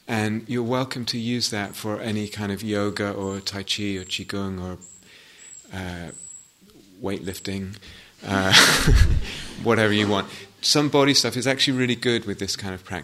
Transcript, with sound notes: And you're welcome to use that for any kind of yoga or tai chi or qigong or weightlifting... [laughter] Whatever you want. Some body stuff is actually really good with this kind of practice.